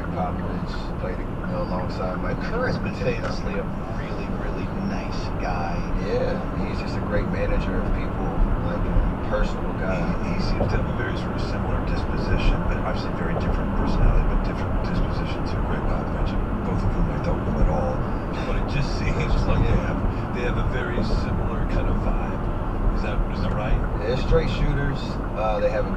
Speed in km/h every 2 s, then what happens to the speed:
66, 69, 72, 76, 77, 77, 79, 77, 74, 72, 68, 64, 61.
0-6 speeds up to 76. 6-13 steady at about 77. 13-26 slows to 61.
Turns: none.